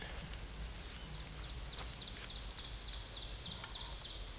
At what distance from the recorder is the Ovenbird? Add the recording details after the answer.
about 75 m. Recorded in a Pennsylvania forest on 17 May 2023 at 12:46. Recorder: AudioMoth, point grid1_17_low. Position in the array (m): 183 m, 73 m